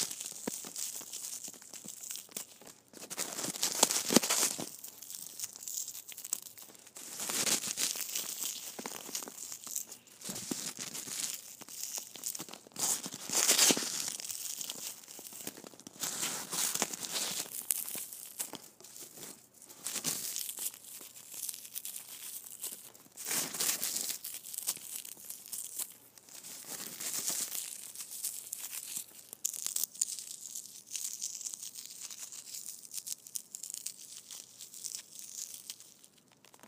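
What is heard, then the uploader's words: Foam balls squish in repeated crinkly, rustling bursts, brightest around 4, 7, 13 and 23 seconds, with quieter soft crackling continuing between them. ASMR Foam Balls Squishing.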